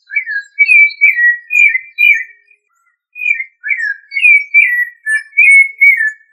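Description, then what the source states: Thrush giving rich whistled song phrases, rolling up and down, broken by a short silent pause midway. Family Turdidae.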